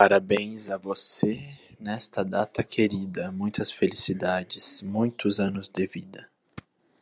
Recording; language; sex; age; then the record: short text; Brazilian Portuguese; male; 20 to 29 years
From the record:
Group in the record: control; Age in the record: 22 years